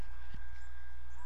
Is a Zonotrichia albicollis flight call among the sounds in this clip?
no